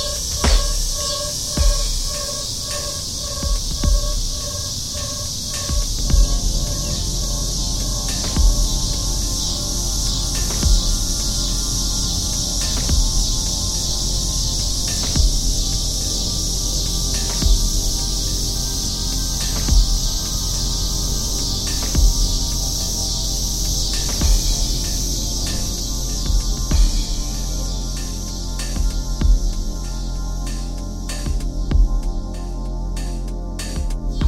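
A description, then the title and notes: Cicadas drone steadily in a back yard, a dense bright shimmer with regular soft pulses and faint low rumbling beneath throughout. However, I don't think these are the Dog day cicada (Neotibicen canicularis), but rather the Scissor-grinder cicada (Neotibicen pruinosus). I made field recordings of the cicadas in my back yard with my trusty DR-05. Some parts were looped, others just mixed in straight. The sound of cicadas.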